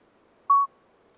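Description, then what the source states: Common midwife toad song: one short, pure piping note at a level pitch amid faint background hiss. Two common midwife toads singing a discreet single-note song all night until dawn, Lesches-en-Diois, 13 May 2020, after two days of rain, wet vegetation; recorded with Nagra Seven and MKH40.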